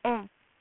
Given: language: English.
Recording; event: throat vibration sensor signal played as sound; speech